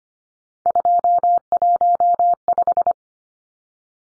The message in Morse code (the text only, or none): 215